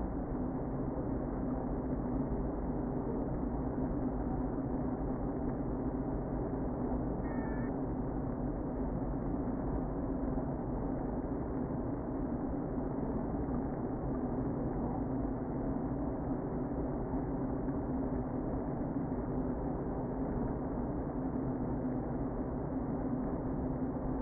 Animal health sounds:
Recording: honeybee colony, microphone inside the hive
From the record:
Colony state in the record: queen present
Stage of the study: before two queens were removed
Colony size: about 60,000 bees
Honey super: yes

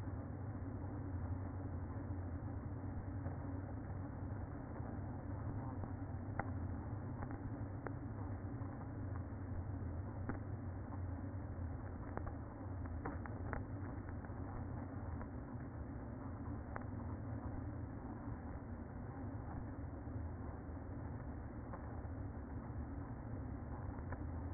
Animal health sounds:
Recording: honeybee colony, microphone inside the hive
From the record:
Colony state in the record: queen present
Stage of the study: after two queens were removed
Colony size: about 60,000 bees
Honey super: yes

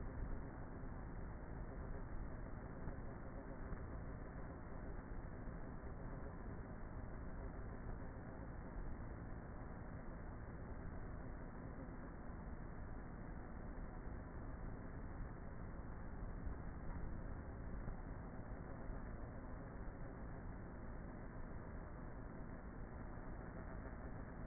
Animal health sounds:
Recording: honeybee colony, microphone inside the hive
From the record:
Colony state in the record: queenless with a low population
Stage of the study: before two queens were removed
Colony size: about 30,000 bees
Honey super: no

